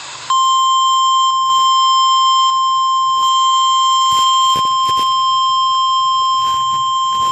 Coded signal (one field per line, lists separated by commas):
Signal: Emergency Alert System (SAME) tones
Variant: 1050 Hz attention tone